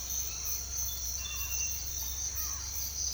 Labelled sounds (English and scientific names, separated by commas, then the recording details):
none
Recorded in secondary vegetation near Puerto Asís, Putumayo, Colombia, on 9 March 2025 at 06:30
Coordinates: 0.498, -76.327
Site G001